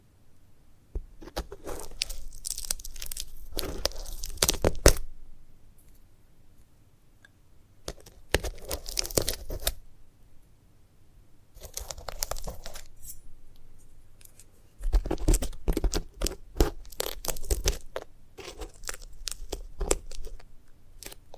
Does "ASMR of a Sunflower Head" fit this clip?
yes